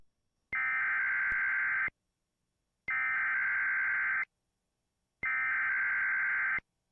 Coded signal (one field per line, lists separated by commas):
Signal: Emergency Alert System (SAME) tones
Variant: header bursts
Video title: EAS #49 - Severe Thunderstorm Warning